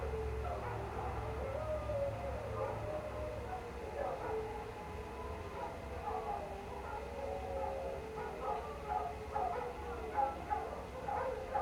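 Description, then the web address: Canines howling together, many overlapping wavering tones. Pack of canines howling outdoors late at night in cold winter air, beside a man-made water fountain. "Minimal ambiences ambience outdoors late night, cold winter air, pack of canine howling into the night and man made water fountain. Sonniss"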